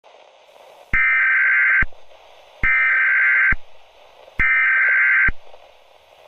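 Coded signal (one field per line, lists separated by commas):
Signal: Emergency Alert System (SAME) tones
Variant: header bursts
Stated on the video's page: Fake severe thunderstorm warning scenario with SAME tones, not a real alert sent by the National Weather Service or the Emergency Alert System.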